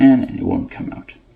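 A small spring is being pushed back into the hop-up unit of a Well MB03 (VSR-10 style) airsoft rifle during an inner barrel upgrade, pressed until it clicks so it stays stable and won't come out. Someone talks over faint handling sounds, and nothing has seated or clicked yet.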